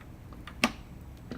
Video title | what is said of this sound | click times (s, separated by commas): Cryptocurrency Miner Build Tutorial for Beginners | Snap into place. | 0.6 s